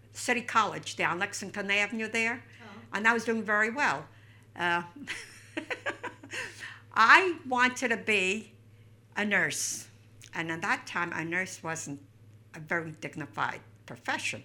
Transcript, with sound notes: City College there, on Lexington Avenue there. And I was doing very well. ( she laughs ) I wanted to be a nurse, and at that time a nurse wasn't a very dignified profession,